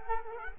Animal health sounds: mosquito wingbeat signal from an infrared sensor; Culex quinquefasciatus

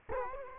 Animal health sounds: mosquito wingbeat signal from an infrared sensor; Culex quinquefasciatus

